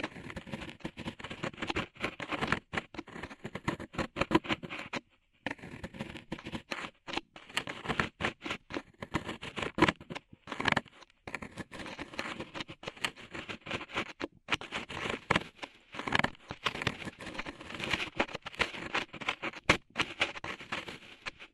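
Ear cleaning with rhinestones and clay being picked away: dense, scratchy crackling and patter fill nearly all the time, with rapid irregular clicks and rustles. Brief silent gaps break it up around five, eleven and sixteen seconds.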